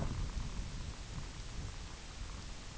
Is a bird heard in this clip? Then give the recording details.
no. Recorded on Arctic tundra, site IGLO-F, on 22 June 2018. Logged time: 04:00